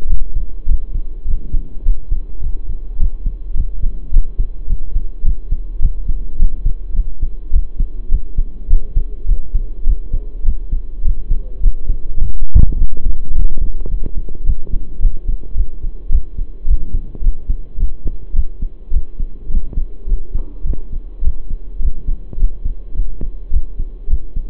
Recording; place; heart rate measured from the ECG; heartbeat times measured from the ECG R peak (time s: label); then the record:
heart sounds by stethoscope; between the tricuspid and mitral areas; 105 bpm
0.08 s: heartbeat
0.67 s: heartbeat
1.26 s: heartbeat
1.84 s: heartbeat
2.41 s: heartbeat
2.98 s: heartbeat
3.55 s: heartbeat
4.11 s: heartbeat
4.67 s: heartbeat
5.24 s: heartbeat
5.80 s: heartbeat
6.37 s: heartbeat
6.94 s: heartbeat
7.51 s: heartbeat
8.10 s: heartbeat
8.68 s: heartbeat
9.27 s: heartbeat
9.85 s: heartbeat
10.44 s: heartbeat
11.03 s: heartbeat
11.61 s: heartbeat
12.19 s: heartbeat
12.77 s: heartbeat
13.33 s: heartbeat
13.90 s: heartbeat
14.45 s: heartbeat
15.01 s: heartbeat
15.56 s: heartbeat
16.10 s: heartbeat
16.66 s: heartbeat
17.22 s: heartbeat
17.78 s: heartbeat
18.34 s: heartbeat
18.92 s: heartbeat
19.49 s: heartbeat
20.07 s: heartbeat
20.65 s: heartbeat
21.22 s: heartbeat
21.80 s: heartbeat
22.37 s: heartbeat
22.95 s: heartbeat
23.51 s: heartbeat
24.08 s: heartbeat
From the record:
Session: pedaling a stationary bicycle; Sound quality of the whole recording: saturated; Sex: male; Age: 23 years